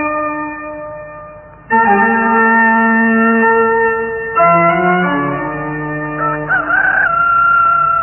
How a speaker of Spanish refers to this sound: Escuchaba lejano el canto de un gallo